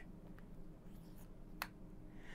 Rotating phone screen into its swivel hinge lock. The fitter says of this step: flick like it snaps into place there's just enough of a float right there